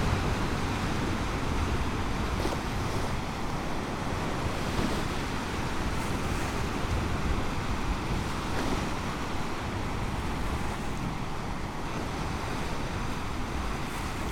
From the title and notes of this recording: Recorded with the Sonorous Objects SO.1 microphones and the Zoom F3 Field Recorder. The muted tones of the lake when the ice has formed. The sporadic ice balls that form along the shore when the conditions are right. Location: Peterson Road Beach, Sleeping Bear Dunes National Lakeshore. Landscape/Feature: Lake Michigan, Snow, Ice Balls, Waves. Waves of Lake Michigan.